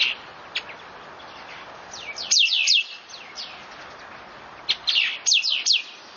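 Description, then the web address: Bird calls as a few scattered high chirps, then two clusters of quick, sharply falling notes, with soft background noise throughout. Recorded 31 October 2013; species unidentified. "itoshikimono torinokoesyumeifumei 20131031"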